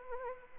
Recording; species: mosquito wingbeat signal from an infrared sensor; Anopheles arabiensis